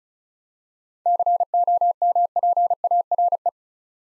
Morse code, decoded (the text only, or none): COMPARE